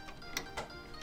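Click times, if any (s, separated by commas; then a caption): none. A power cable connector is being handled and pushed toward its connector on the internal power supply of a PlayStation PS4 Pro console, with soft broadband handling rustles near 0.1, 0.37 and 0.6 seconds over steady background music. Nothing has seated or clicked yet.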